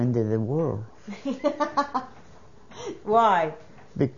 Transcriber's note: she laughs